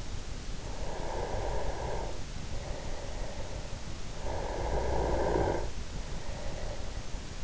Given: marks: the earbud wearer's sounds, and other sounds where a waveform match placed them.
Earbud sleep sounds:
sounds in sleep by an in-ear microphone; breath, snoring breath
0.51-3.85 s: breath
4.07-7.44 s: snoring breath

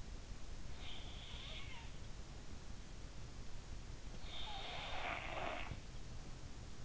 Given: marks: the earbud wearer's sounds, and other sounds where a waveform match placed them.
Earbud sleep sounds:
sounds in sleep by an in-ear microphone; snoring breath
3.84-6.35 s: snoring breath

